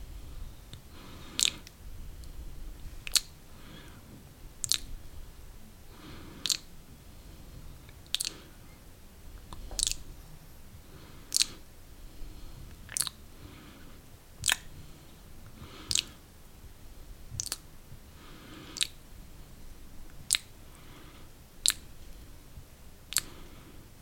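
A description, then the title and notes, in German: Crisp, bright taps land about every one and a half seconds, with soft shuffling and low rustle between them. Ich tappe dich mit verschiedenen triggern.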